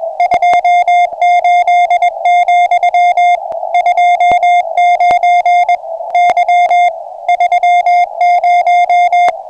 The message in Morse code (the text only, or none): 28, 29 Y 30